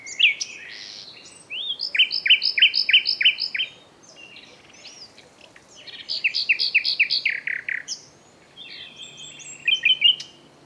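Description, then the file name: Common nightingale singing bursts of rapid repeated chirping notes and trills, phrases of up to about two seconds separated by quieter gaps. "Luscinia megarhynchos"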